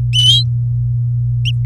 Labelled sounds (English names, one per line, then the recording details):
Domestic Canary song
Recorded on 4 May 2018 at 09:24
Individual llb16